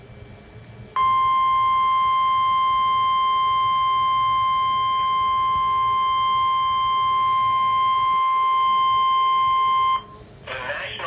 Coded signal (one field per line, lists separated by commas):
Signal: Emergency Alert System (SAME) tones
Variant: 1050 Hz attention tone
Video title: EAS ALERTS From 6/14/21 (EAS 59-65)